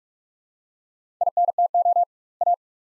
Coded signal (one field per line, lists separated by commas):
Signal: Morse code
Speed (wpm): 43 wpm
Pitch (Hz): 700 Hz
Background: none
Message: INTO A